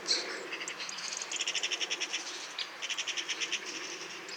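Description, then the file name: Eurasian magpie giving two dry, rapid rattles of evenly spaced harsh pulses. "Pica pica"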